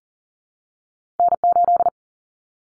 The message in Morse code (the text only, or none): N8